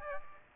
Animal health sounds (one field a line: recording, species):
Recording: mosquito wingbeat signal from an infrared sensor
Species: Aedes aegypti